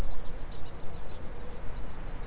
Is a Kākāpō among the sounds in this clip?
no